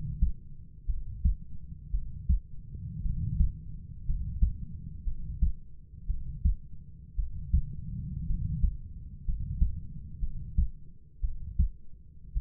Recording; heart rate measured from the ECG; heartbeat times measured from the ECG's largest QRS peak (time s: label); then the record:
heart sounds by stethoscope; 58 bpm
0.86 s: heartbeat
1.91 s: heartbeat
3.03 s: heartbeat
4.06 s: heartbeat
5.04 s: heartbeat
6.07 s: heartbeat
7.16 s: heartbeat
8.27 s: heartbeat
9.25 s: heartbeat
10.20 s: heartbeat
11.21 s: heartbeat
12.34 s: heartbeat
From the record:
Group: healthy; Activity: rest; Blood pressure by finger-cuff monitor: 103/50 mmHg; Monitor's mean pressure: 64 mmHg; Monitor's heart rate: 59 bpm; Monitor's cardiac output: 5.2 L/min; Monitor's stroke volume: 90 mL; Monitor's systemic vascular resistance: 850 dyn s/cm5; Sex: male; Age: 25 years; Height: 170 cm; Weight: 70.4 kg